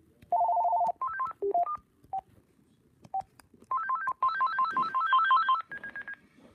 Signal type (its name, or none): none